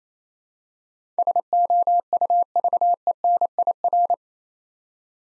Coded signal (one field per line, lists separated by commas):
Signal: Morse code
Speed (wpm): 27 wpm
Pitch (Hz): 700 Hz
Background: none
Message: SOUVENIR